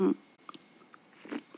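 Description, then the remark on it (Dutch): Someone gulps down a glass of bitters in one go: a low, thick swallow at the start, followed by faint wet mouth clicks and another soft gulping noise near the end, with no talking. “Oh, jij gooit het in één keer achterover.”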